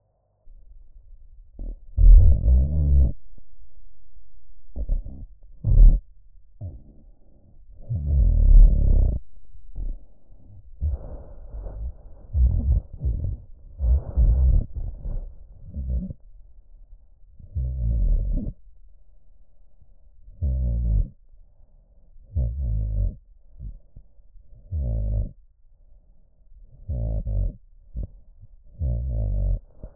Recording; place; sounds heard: breathing sounds of a dog by stethoscope; larynx; moderate stertor